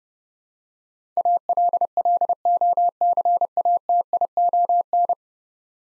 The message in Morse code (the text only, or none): ALLOCATION